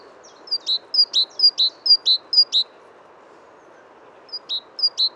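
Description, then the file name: Great tit calls: a series of high thin notes each dropping into a short lower buzzy tail, about five in quick succession, a pause, then two more. "Parus major"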